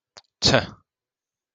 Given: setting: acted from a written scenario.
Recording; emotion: vocal sound without words; contempt